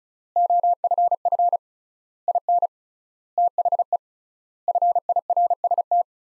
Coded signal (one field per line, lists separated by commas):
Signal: Morse code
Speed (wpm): 34 wpm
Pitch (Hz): 700 Hz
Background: none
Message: OFF IN THE FIRST